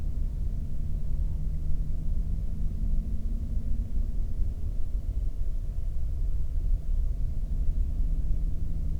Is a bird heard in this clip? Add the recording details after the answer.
yes. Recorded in the Prudhoe Bay oil fields, Alaska, on 22 May 2019 at 00:30. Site 19